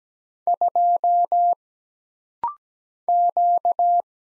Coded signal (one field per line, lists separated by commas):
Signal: Morse code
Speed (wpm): 17 wpm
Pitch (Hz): 700 Hz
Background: none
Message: 2 Q